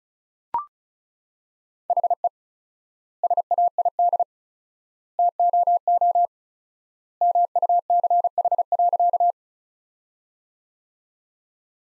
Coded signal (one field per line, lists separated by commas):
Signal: Morse code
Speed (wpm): 36 wpm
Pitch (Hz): 700 Hz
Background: none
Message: HE SAID TOO MUCH.